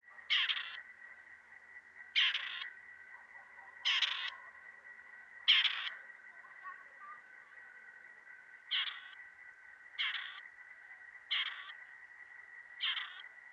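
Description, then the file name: Grey partridge repeating a rough, creaky rasping call eight times, mostly about every one and a half seconds with one longer pause midway, with a constant high whine in the background. "kuropatwa"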